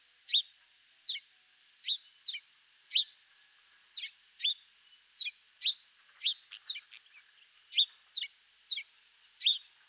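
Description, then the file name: House sparrow chirping: sharp, high chirps repeated roughly every half second to one second, some doubled, steady throughout. "Passer domesticus"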